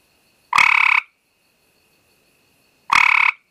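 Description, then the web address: Gray treefrog giving two short musical trills, each about half a second long with a rapid pulsed rhythm, separated by roughly two seconds of silence. "Frog Hyla Versicolor"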